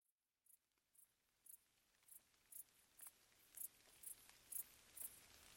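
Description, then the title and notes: Crickets stridulating: short, high chirps repeated at a steady rhythm, growing gradually louder. Stridulating late at night in summer while gentle rain falls on vegetation; along an abandoned railway track in Bad Boll, Baden-Württemberg, nearby village silent. "Crickets in gentle summer rain. Bad Boll, Baden-Württemberg. Recorded by Colin Hunter"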